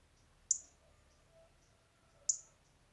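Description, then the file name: European robin with two sharp, high tick calls nearly two seconds apart. "Erithacus rubecula"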